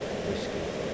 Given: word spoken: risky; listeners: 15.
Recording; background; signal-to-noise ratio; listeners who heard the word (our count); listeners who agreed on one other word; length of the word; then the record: one English word in noise, from a listening test; speech-shaped noise; -5.8 dB; 1 of 15; 11 of 15; 0.54 s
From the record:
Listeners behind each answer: 11, 1, 1, 1, 1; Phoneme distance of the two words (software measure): 10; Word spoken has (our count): 2 syllables, 5 phonemes, stress on syllable 1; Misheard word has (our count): 2 syllables, 5 phonemes, stress on syllable 1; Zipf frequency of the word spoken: 4.09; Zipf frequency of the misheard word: 3.50